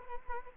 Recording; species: mosquito wingbeat signal from an infrared sensor; Culex quinquefasciatus